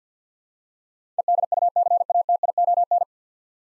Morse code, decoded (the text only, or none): EDUCATION